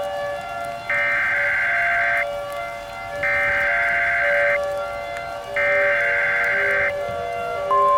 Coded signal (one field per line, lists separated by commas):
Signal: Emergency Alert System (SAME) tones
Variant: header bursts